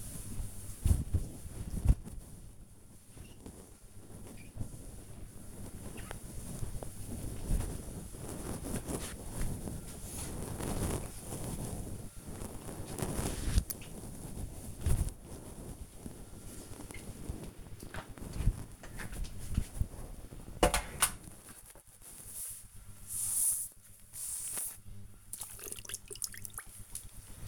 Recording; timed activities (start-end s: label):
household activities, microphone on the right wrist
0.00-21.02 s: floor cleaning